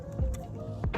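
Someone handles the plastic electrical connector while pushing it back onto the ignition coil of a 2003–2007 Toyota Corolla, right after the spark plug has been snugged. Brief handling knocks land near 0.4, 0.8 and 0.9 seconds over a steady low hum. Nothing has seated or clicked yet.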